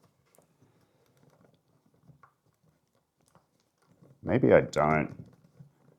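A kingpin is turned by hand into the metal baseplate of an ACE AF1 Inverted skateboard truck with AF1 80 hangers, producing only faint, sparse ticks and scrapes around 0.4, 2.2 and 3.3 s before someone talks briefly near the end. The thread fails to catch and it is unclear whether it has engaged; nothing has seated or clicked yet.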